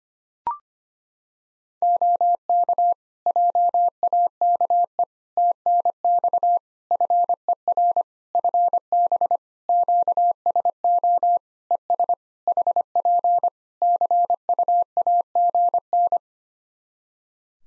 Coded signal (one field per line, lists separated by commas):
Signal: Morse code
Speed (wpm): 25 wpm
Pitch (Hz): 700 Hz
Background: none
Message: OK JAKE TNX FER FB QSO ES HP CUAGN